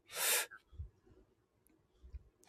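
A single sharp, hissing cough burst from an adult man, then quiet room noise. He has influenza A, confirmed by testing, and feels well apart from the cough.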